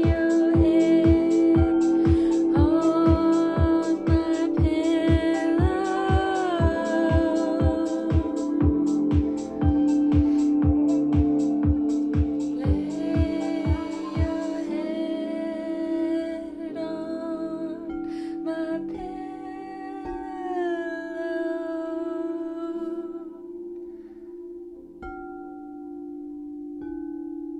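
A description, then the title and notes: Crystal bowls ring with a steady, mid-pitched hum and shimmering overtones that swell and bend now and then. For the first half, quick regular taps strike along with the ringing, then thin out, leaving the bowls sustaining more softly toward the end. Sacral, Solar plexus and heart chakra crystal healing bowls played.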